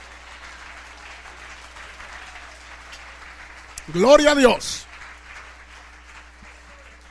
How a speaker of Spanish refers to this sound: Bueno, démosle ese aplauso al Señor con todo el corazón.